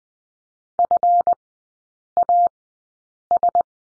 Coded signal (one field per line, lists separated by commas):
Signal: Morse code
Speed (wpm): 19 wpm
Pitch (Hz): 700 Hz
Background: none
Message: FAS